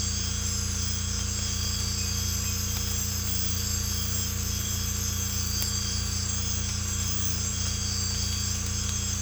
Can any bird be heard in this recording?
no